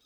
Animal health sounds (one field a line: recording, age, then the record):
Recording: pig call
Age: piglet (1 to 25 days)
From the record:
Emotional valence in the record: positive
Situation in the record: short reunion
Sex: female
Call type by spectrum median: high-frequency call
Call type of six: low-frequency tonal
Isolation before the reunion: 3 minutes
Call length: 0.06 s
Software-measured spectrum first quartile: 2909 Hz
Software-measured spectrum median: 3912 Hz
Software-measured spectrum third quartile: 6281 Hz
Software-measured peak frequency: 3835 Hz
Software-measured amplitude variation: 8 dB a second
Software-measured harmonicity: 4.7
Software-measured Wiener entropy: -1.58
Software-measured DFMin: 1152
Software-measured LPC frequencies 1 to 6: 1308, 2528, 3757, 4872, 6058, 7519 Hz